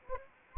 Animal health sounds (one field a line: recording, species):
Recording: mosquito wingbeat signal from an infrared sensor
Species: Anopheles arabiensis